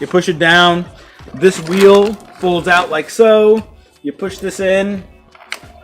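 Someone talks while unfolding a Bag Boy golf push cart, folding a wheel out and pushing the frame joint in. A sharp click sounds at 5.5 s as the folding frame joint latches into place, leaving the cart seated and ready to go.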